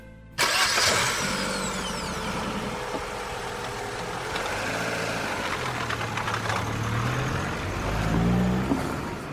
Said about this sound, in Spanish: Ana sube al coche y arranca, y Remy cierra la puerta tras de sí.